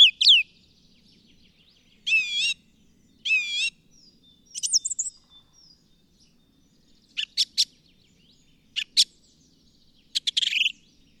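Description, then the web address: Bird song mixing warbled whistles that rise and fall with sharp high clicks and buzzy notes, delivered in separate bursts. "madarak enek"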